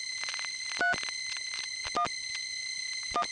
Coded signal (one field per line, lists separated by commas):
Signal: DTMF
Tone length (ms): 90 ms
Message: 3 1 1